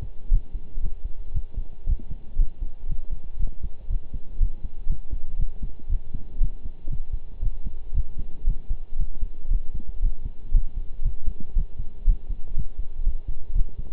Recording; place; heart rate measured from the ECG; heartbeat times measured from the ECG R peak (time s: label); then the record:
heart sounds by stethoscope; between the tricuspid and mitral areas; 118 bpm
0.31 s: heartbeat
0.83 s: heartbeat
1.34 s: heartbeat
1.87 s: heartbeat
2.38 s: heartbeat
2.89 s: heartbeat
3.40 s: heartbeat
3.90 s: heartbeat
4.40 s: heartbeat
4.89 s: heartbeat
5.39 s: heartbeat
5.89 s: heartbeat
6.41 s: heartbeat
6.90 s: heartbeat
7.42 s: heartbeat
7.94 s: heartbeat
8.47 s: heartbeat
8.99 s: heartbeat
9.50 s: heartbeat
10.02 s: heartbeat
10.54 s: heartbeat
11.05 s: heartbeat
11.56 s: heartbeat
12.07 s: heartbeat
12.57 s: heartbeat
13.06 s: heartbeat
13.55 s: heartbeat
From the record:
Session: pedaling a stationary bicycle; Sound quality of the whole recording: partially saturated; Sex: male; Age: 23 years